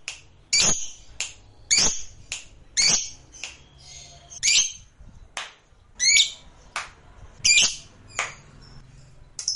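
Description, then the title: Lovebird squawks and chirps: harsh high bursts mixed with thin tweets at irregular intervals, over a faint low hum. Lovebird sound said to be 100% effective with just one play. "Suara Lovebird"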